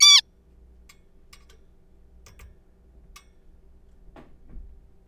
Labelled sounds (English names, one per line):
Zebra Finch